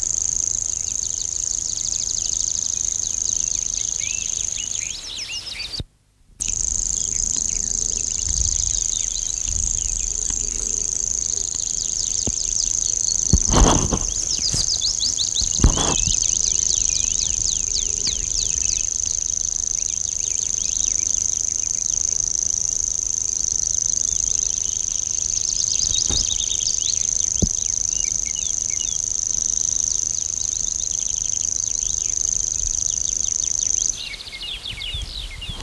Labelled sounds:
Common Grasshopper Warbler song
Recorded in the wild
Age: adult
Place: Reinhardshagen (Weser), Hessen, DE
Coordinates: 51.5, 9.61667
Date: 1990-06-14 10:51
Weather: overcast, 14° C
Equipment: Sony WM-D6C, Kopie Tesla B 116
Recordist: Tembrock, Günter

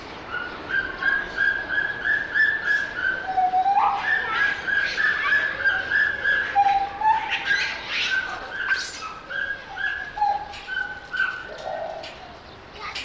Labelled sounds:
Pileated Gibbon
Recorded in captivity
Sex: male
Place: Zoo Berlin, Berlin, DE
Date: 1989-03-08 10:55
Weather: leicht bedeckt, 4-8°C
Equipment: Sony WM-D6C, Kopie 19 cm
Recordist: Tembrock, Günter

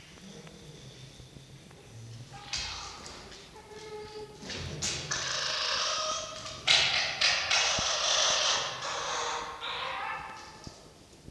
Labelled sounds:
Red Fox
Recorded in captivity
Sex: group
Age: adult
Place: Zoologisches Institut der HUB, Berlin, DE
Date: 1953-02-06 18:35
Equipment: Elmetra
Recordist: Tembrock, Günter

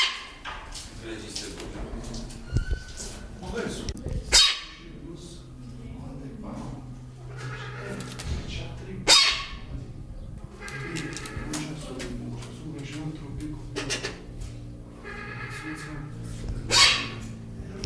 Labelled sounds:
Trumpeter Hornbill call
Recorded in captivity
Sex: male
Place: Zoo Berlin, Berlin, DE
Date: 1996-05-05 15:47
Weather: bedeckt, 8°C
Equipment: Sony MD-WM MZ-R3, Sennheiser MKH 416 T, Kopie Uher 4000 Report Monitor
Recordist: Tembrock, Günter

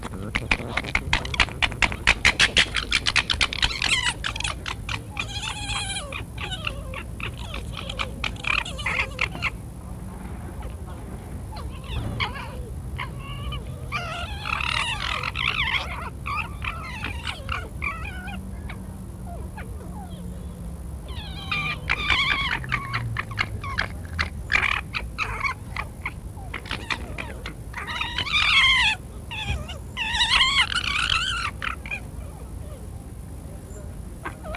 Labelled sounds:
Corsac Fox
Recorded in captivity
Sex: group
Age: subadult
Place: Tierpark Berlin, Berlin, DE
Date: 1962-09-03 19:30
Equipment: Minifon, Kopie Smaragd
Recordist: Tembrock, Günter
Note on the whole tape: Diesjährige Jungtiere (schon annähernd ausgewachsen - geboren am 27.03.1962): Laute bei Begegnung, Drohliegen, Drohwälzen, Aufstellen, Pfotenheben, Hinterteilzukehren, Schwanzwurzelfassen. Keckern (hell/dunkel), Drohwinseln, Knätschen u.ä. Lautformen. Abstand ca. 1-2 m

